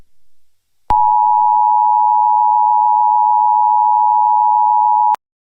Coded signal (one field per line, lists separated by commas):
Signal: Emergency Alert System (SAME) tones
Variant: 853 and 960 Hz attention tone